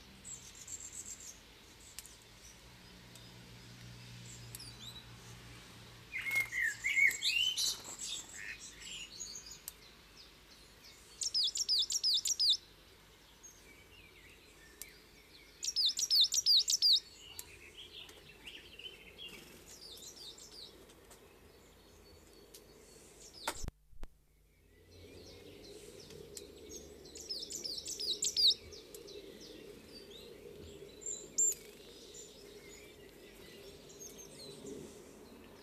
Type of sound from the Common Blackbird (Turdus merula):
song